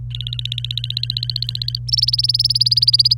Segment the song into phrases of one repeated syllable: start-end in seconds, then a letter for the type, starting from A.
0.11-1.78 A, 1.88-3.14 B